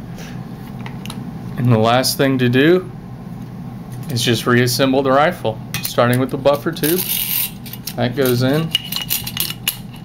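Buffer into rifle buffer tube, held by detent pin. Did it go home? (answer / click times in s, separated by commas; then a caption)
yes / 9.7 s. During reassembly of an AR-15 lower receiver, someone talks while a metal buffer is pushed into the rifle's buffer tube. Light metallic clicks and scrapes are heard along the way. At 9.7 s the buffer snaps past the detent pin with a sharp click, and the pin pops up to hold it seated in place.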